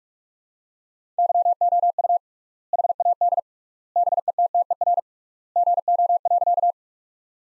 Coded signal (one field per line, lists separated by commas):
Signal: Morse code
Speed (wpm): 42 wpm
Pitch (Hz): 700 Hz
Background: none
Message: YOU HAD BETTER GO.